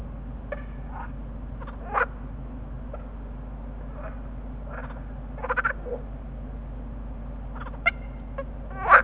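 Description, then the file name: Water frog croaks scattered and brief, a few louder quacking calls, over a steady low hum. Chorus call of green frogs (groene kikker). "groenekikker roepkoor"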